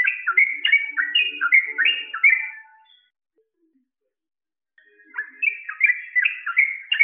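Bird song of quick slurred whistles, stopping for about two seconds before a second fast phrase resumes.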